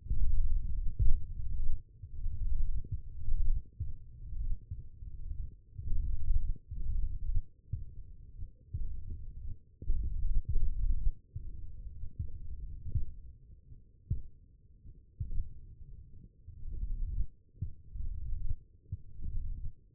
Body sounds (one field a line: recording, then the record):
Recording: forearm muscle sounds (acoustic myography)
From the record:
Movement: finger pinch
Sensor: system 1, eight BSWA MPA416 microphones around the upper forearm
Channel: 5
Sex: male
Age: 42 years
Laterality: right